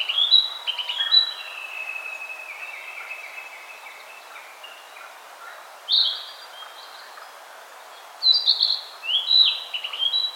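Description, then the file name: Narcissus flycatcher song: a fluty phrase trailing into lower notes, then isolated bright whistled bursts after quiet gaps. "Ficedula narcissina"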